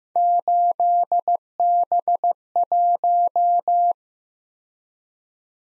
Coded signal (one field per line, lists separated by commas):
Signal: Morse code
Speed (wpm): 18 wpm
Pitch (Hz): 700 Hz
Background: none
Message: 8B1